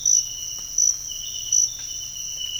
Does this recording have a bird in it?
no